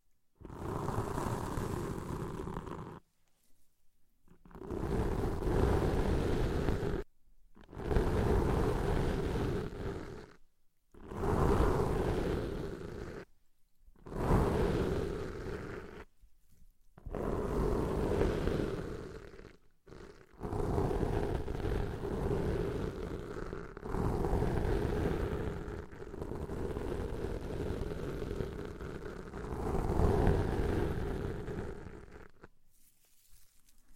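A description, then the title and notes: Muffled ear cleaning: heavy rubbing and scraping right against the microphone, deep and rumbling with a steady hum underneath. It comes in bursts of about three seconds separated by short silent pauses, with longer unbroken stretches of rubbing after the twenty-second mark. ASMR Deep Ear Cleaning - Intense Ear Relaxation (No Talking).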